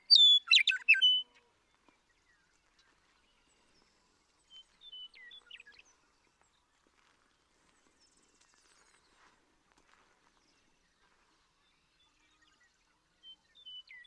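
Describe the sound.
Western meadowlark singing one loud, complex phrase of whistles and gurgling notes at the start, followed by long quiet stretches with a few faint notes.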